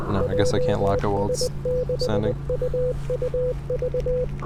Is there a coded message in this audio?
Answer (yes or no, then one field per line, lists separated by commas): yes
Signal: Morse code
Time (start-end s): 0.2-4.2 s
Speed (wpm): 20 wpm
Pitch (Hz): 500 Hz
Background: speech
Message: JS6UUV